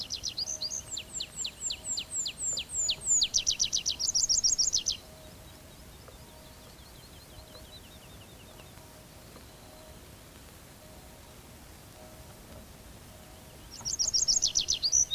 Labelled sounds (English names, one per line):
Tree Pipit song